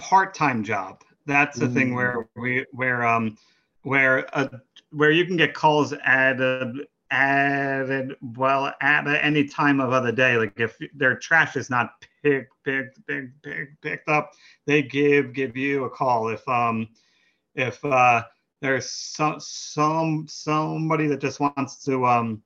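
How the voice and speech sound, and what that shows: A man who stutters, a township ward commissioner, explains a part-time job in conversational speech. The flow is broken by repeated syllables ('pick-pick-pick-pick-pick up', 'sum-sum-somebody'), stretched sounds, silent blocks and filler 'um's, the marks of developmental stuttering in an adult.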